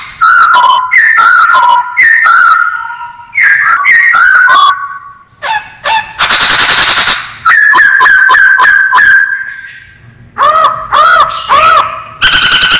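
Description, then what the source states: Masked laughingthrush song: bursts of loud stepped whistles and slurred notes in rapid runs, interrupted by a short harsh noisy burst, then more whistled phrases. Described as gacor, singing actively and persistently.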